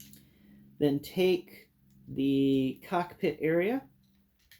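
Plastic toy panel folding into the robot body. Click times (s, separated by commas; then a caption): 0.0 s. A plastic toy panel of a transforming robot toy is folded into the robot body, and its two plastic sections snap together with a sharp, short click at 0.0 s, seating in place. Someone then talks.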